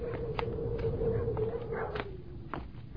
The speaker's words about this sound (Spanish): Pero sí, hay algo. Hay un pueblo. Se oye que ladran los perros y se siente en el aire el olor del humo y se saborea ese olor de gente como si fuera una esperanza.